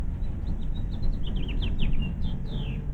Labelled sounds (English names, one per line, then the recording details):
House Finch song
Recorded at Point Lookout on Long Island, New York, on 2 June 1975
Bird B